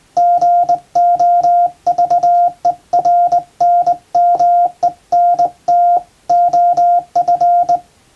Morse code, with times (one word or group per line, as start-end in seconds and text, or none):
0.2-6.0 GOVERNMENT
6.3-7.8 OF